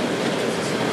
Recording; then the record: background sound without coughing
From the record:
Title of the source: Office Sounds Ambience - Background Noise for Study and Work